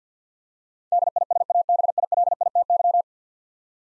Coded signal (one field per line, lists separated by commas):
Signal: Morse code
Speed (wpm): 50 wpm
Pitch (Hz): 700 Hz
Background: none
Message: DISABILITY